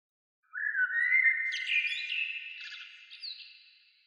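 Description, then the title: Bird song: a single flowing phrase of bright tonal notes that steps upward in pitch, gradually fading at the end. "Oiseaux"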